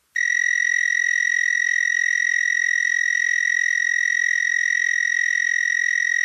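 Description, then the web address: Narrow-winged tree cricket giving a continuous, even, high-pitched trill that runs unbroken throughout. North America. "Songs of Insects. Narrow-winged Tree Cricket"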